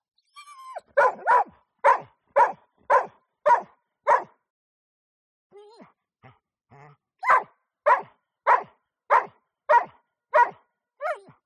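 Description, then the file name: German Shorthaired Pointer barking in steady runs, broken by a pause with thin high whines and soft whimpers, then barking resumes. "smartsound. DOG GSP Bark Whine"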